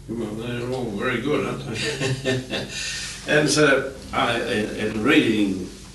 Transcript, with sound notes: Well, they're all very good, aren't they? [laughs] And so in reading